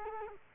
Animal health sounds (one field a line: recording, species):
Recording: mosquito wingbeat signal from an infrared sensor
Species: Culex quinquefasciatus